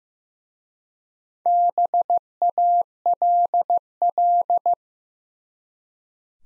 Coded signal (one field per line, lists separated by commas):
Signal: Morse code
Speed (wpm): 15 wpm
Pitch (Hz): 700 Hz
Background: none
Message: BALL